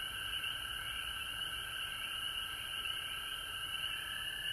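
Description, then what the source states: Frog chorus, a bright wavering trill with a steady lower tone throughout, plus continuous high hiss. Recorded at home in Georgia on March 19, 2020.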